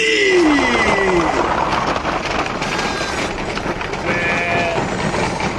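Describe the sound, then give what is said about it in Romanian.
Sheep being taken out to graze bleat over a steady, rough wash of background noise, with a wavering, downward-sliding bleat at the start and higher, thinner bleats following a few seconds later. “Nu vezi că merg cu oile la păscut?”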